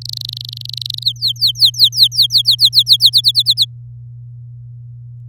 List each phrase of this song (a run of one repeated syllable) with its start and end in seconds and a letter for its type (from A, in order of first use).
0.01-1.03 A, 1.04-3.10 B, 3.12-3.65 C